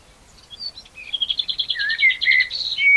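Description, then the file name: Common blackbird giving a fast series of high twittering notes mixed with lower warbled notes, ending on a whistle. "Turdus merula"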